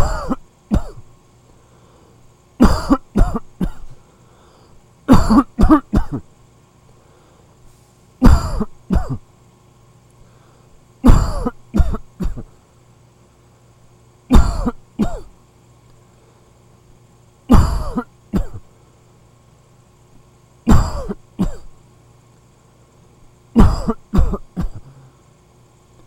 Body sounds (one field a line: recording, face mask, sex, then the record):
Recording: voluntary coughing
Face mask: none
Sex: male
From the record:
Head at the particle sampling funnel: facing it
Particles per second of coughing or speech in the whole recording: 12.5